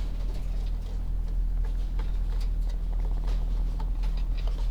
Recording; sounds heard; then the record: poultry house recording; sick chickens (respiratory disease)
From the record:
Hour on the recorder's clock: 16